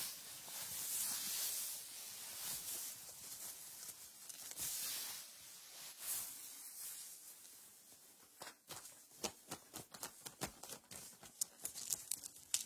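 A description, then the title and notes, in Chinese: Clothes rubbing against each other, a soft rustling hiss that runs fairly steady for the first eight seconds with bright swells around one, four and a half, and twelve seconds. After about eight seconds it breaks into short, separate brushing strokes repeating irregularly, roughly every half second. 衣服摩擦。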